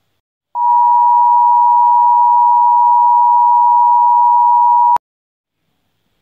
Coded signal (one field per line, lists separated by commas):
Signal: Emergency Alert System (SAME) tones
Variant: 853 and 960 Hz attention tone